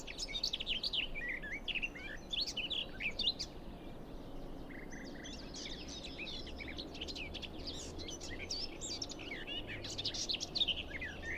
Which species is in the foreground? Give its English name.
Garden Warbler